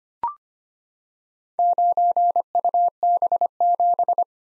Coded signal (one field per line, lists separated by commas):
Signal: Morse code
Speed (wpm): 25 wpm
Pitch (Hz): 700 Hz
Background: none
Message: 9UB7